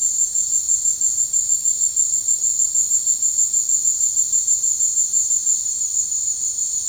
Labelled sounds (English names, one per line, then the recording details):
none
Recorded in dense forest near Puerto Asís, Putumayo, Colombia, on 19 March 2025 at 15:30
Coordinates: 0.485, -76.318
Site G056